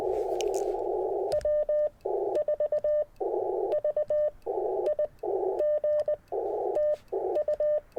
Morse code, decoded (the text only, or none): W4VIG TU